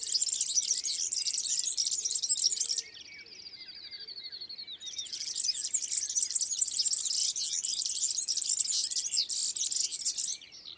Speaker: au premier soleil du matin, pétille le chant du Serincini.